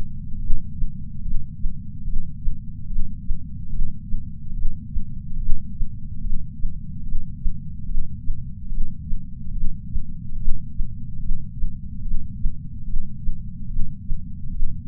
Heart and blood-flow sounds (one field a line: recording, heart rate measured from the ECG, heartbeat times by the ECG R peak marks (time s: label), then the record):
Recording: heart sounds by patch sensor on the chest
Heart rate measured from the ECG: 72 bpm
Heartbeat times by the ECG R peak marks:
0.39 s: heartbeat
1.22 s: heartbeat
2.04 s: heartbeat
2.87 s: heartbeat
3.70 s: heartbeat
4.53 s: heartbeat
5.38 s: heartbeat
6.21 s: heartbeat
7.03 s: heartbeat
7.86 s: heartbeat
8.69 s: heartbeat
9.52 s: heartbeat
10.36 s: heartbeat
11.20 s: heartbeat
12.02 s: heartbeat
12.85 s: heartbeat
13.68 s: heartbeat
14.51 s: heartbeat
From the record:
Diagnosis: coronary artery disease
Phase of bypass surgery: intraoperative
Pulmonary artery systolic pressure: 29 mmHg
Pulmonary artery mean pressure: 19 mmHg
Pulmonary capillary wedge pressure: 12 mmHg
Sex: female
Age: 65 years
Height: 153 cm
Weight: 51.5 kg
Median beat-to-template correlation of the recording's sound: 0.95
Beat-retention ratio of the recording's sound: 0.99